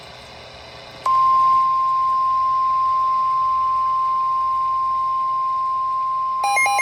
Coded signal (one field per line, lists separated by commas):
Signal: Emergency Alert System (SAME) tones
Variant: 1050 Hz attention tone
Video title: 6/19/25 - Special Marine Warning on KHB38 (EAS #1256)